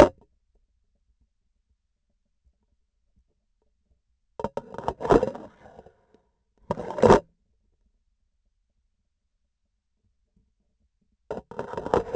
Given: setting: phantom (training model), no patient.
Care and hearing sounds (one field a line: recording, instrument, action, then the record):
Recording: laparoscopic instrument, vibration sensor on the handle end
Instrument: grasping forceps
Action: insertion and removal through the trocar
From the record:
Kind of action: spatial motion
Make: other than Olympus